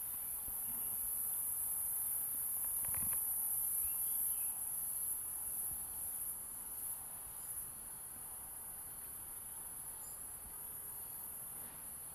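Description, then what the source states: Platypleura brunea song: an unbroken, piercing high-pitched drone that eases slightly later, over low background rumble, with a short knock near three seconds. Recorded at Queenstown, Eastern Cape, South Africa.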